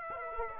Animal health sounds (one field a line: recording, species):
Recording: mosquito wingbeat signal from an infrared sensor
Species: Aedes aegypti